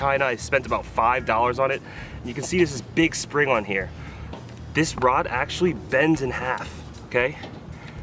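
Someone talks while handling a self-setting fishing rod, bought for about $5, that has a big spring and bends in half so its tip can lock into a spring trigger latch. The rod is being bent toward the latch, but nothing has seated or clicked yet.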